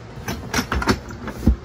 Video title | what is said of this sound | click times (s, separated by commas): Truck Camper Rebuild & Remodel is Finished! Structural & Cosmetic | and you'll hear this thing click and once it clicks | 0.7 s